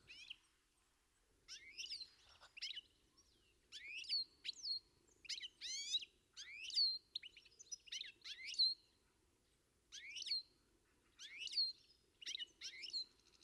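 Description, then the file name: European goldfinch giving tinkling, twittery phrases of quick high notes with a few drawn-out whistles, in separate bursts every second or so, with quiet gaps between. "Carduelis carduelis"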